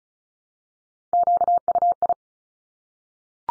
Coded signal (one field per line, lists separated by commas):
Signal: Morse code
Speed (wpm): 36 wpm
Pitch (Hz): 700 Hz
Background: none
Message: QUI